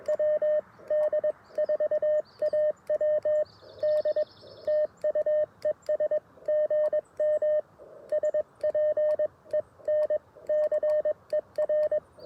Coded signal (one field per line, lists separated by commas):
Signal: Morse code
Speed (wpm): 21 wpm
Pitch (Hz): 1800 Hz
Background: radio noise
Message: WD4AWD TU ES GM SPENCER